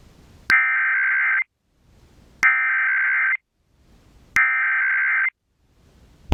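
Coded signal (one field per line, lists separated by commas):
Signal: Emergency Alert System (SAME) tones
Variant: header bursts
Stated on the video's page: Required weekly and required monthly tests.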